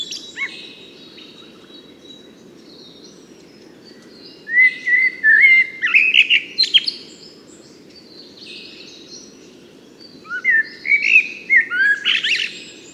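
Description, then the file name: Eurasian blackbird with two separate song phrases, each a low mellow warble ending in a high squeak, spaced by quiet pauses, with a low background hum. "Turdus merula"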